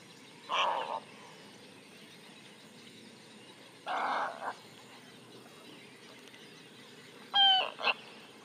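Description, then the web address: Snowy egret giving two harsh, raspy croaks a few seconds apart, then a brief harmonic squawk near the end. "voix doiseaux heron blanc damerique egretta thula"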